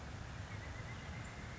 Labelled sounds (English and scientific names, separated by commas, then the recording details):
Pileated Woodpecker (Dryocopus pileatus)
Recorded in Sonoma County, California